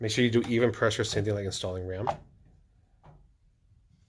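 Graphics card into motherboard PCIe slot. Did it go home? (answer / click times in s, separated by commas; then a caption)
no / none. A graphics card is lined up with the motherboard PCIe slot and rear bracket holes before being pushed in, while someone talks for about two seconds. Then it goes quiet, with only a faint soft handling sound near 3.1 seconds. The card has not seated or clicked yet.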